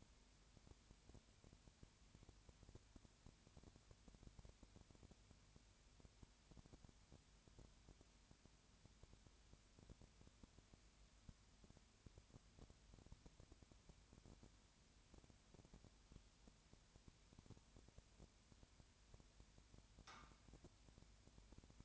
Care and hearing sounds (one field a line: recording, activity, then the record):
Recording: daily activity, microphone in the room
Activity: no activity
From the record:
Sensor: 2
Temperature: 20.4 degrees Celsius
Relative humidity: 35.5%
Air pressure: 1007.1 hPa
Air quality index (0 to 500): 122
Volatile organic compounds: 2 ppm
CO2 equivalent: 1257 ppm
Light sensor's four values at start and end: 2/3/2/2 and 2/3/2/2